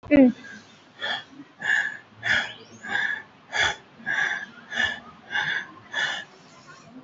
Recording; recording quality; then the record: shallow breathing; excellent, no background noise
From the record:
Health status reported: COVID-19 positive, mild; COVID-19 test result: positive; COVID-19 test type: RT-PCR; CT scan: taken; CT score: 3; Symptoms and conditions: cough, cold, fever, loss of smell and taste, hypertension, diabetes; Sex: male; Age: 52 years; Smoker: no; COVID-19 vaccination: both doses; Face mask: not worn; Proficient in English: yes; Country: India